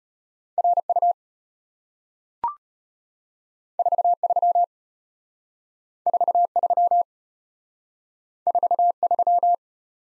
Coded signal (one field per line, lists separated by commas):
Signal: Morse code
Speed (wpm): 34 wpm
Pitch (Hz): 700 Hz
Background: none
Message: RU 43 43 43